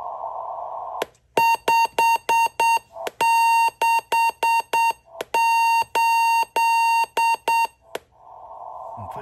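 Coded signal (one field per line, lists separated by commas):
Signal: Morse code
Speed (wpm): 8 wpm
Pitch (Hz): 920 Hz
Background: none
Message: 568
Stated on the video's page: NorCal 40A 40 m transceiver with factory KC1 keyer, whose audio level may need lowering.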